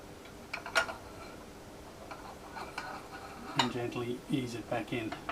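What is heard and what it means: A replacement worm block is lined up and gently eased back into a Paramount MX telescope mount housing, and someone talks while this happens. Light metallic taps and scrapes come through near 0.5–0.8 s and 2.8 s, with a rattle of handling toward the end. The clip ends before the block goes home, so nothing has clicked or seated yet.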